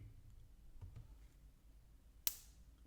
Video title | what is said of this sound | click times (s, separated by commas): Relaxing LEGO Build - Bunny - Calm, Cozy Narration | Satisfying click coming. | 2.3 s